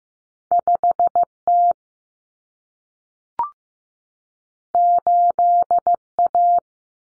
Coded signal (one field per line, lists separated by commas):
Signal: Morse code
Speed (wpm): 15 wpm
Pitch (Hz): 700 Hz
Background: none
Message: 5T 8A